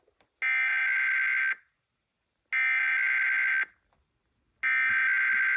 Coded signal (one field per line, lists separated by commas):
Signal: Emergency Alert System (SAME) tones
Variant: header bursts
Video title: Saturday RWTs (EAS #1108-#1110)